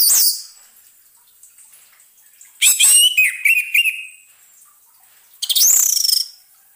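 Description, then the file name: Orange-headed thrush song: a short high note at the start, then two separate bursts of varied whistled phrases with long quiet gaps between them. Song therapy for an orange-headed thrush that has stopped singing. "terapi suara anis merah macet bunyi"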